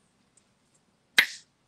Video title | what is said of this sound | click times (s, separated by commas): Shaking things up a bit for an easy money maker! | here a click and then once it clicks I kind of just do this number right here | 1.2 s